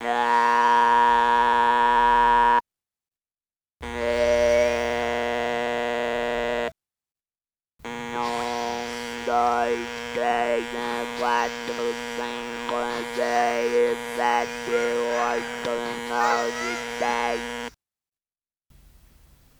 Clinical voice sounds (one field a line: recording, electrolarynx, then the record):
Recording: speech with an electrolarynx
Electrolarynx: modified device, with random pitch perturbation and pitch set by sex and age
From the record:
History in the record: total laryngectomy